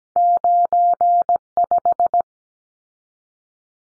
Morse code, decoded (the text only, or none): 95